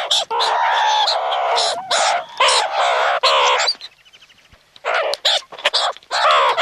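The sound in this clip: Meerkat calls, a dense run of chattering, harmonic squeaks and chirps that break off briefly, then resume in quick bursts.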